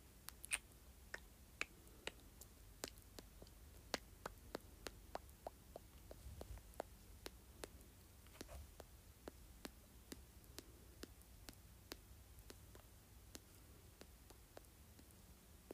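Mouth sounds made of short, sharp clicks and pops, coming about three times a second throughout with slightly uneven spacing. A few louder snaps stand out near the start. A faint low rumble and soft hiss sit underneath the whole time.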